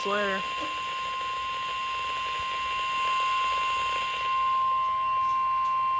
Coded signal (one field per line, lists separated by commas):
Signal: Emergency Alert System (SAME) tones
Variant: 1050 Hz attention tone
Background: speech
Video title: Special Marine Warning (EAS #23)